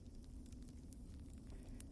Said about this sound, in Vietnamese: Trong cái màn đêm lạnh lẽo của những đêm cuối tháng chạp, bên đống lửa đang cháy cao, xung quanh là những đống than nhỏ được cào ra để nướng thịt.